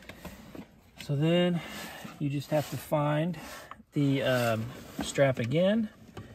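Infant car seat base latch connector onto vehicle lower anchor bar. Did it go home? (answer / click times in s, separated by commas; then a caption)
no / none. A woman talks while handling the latch connector of a Chicco KeyFit 30 infant car seat base, finding the strap again before connecting it to the vehicle's lower anchor bar. Faint handling noise and brief soft knocks at about 0.1 and 6.2 seconds sit under her voice. Nothing has seated or clicked yet.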